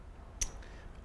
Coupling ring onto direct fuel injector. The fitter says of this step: until it snaps into place again make sure you don't make contact to the tip to